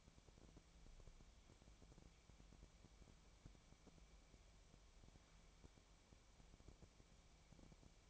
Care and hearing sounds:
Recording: daily activity, microphone in the room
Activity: wipe stove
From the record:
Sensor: 1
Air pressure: 1000.5 hPa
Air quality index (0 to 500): 184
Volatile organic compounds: 4 ppm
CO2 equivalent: 1700 ppm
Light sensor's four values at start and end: 12/29/12/14 and 12/30/12/14

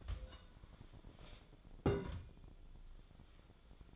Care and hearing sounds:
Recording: daily activity, microphone in the room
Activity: take from stove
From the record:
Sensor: 5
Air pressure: 1010.0 hPa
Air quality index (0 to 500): 154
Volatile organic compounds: 3 ppm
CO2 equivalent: 1506 ppm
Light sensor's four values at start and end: 242/595/251/275 and 249/594/256/285

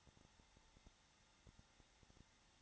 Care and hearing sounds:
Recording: daily activity, microphone in the room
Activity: no activity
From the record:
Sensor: 3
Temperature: 21.3 degrees Celsius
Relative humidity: 33.3%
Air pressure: 994.5 hPa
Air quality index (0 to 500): 168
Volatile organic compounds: 3 ppm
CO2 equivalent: 1459 ppm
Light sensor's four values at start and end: 2/3/2/2 and 2/3/2/2

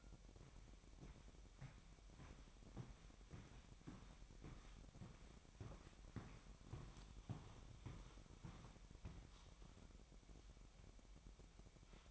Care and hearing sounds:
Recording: daily activity, microphone in the room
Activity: walk to room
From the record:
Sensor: 1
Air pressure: 1012.2 hPa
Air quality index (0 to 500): 200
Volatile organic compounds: 4 ppm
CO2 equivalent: 1610 ppm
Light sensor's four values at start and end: 78/187/79/83 and 72/174/73/78

